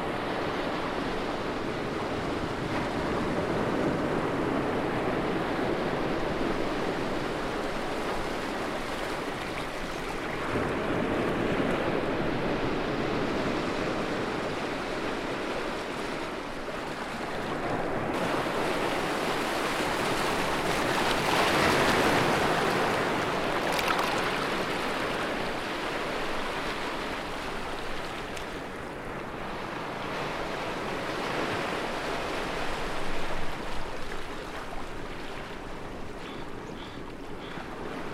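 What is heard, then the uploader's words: Ocean waves wash onto a beach in a dense, continuous roar, swelling and easing every several seconds, with a louder surge around twenty seconds in. Wind gusts buffet the microphone at times, adding a low rumble beneath the hiss of surf. Majestic Ocean Waves Sounds & A Soothing Oceanic Breeze On An Idyllic Beach Day. The mighty ocean waves approach, one after the other, in a never-ending rhythm. You can hear the sound of the water crashing against itself, a symphony of splashes and roars that fills your ears.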